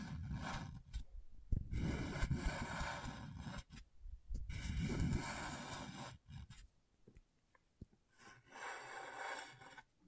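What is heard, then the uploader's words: Scratchboard scraping in rough, gritty bursts with strong low rumble, pausing briefly around 4, 6 and 7–8 seconds before resuming. ASMR Brain Tingling Scratchboard (No Talking).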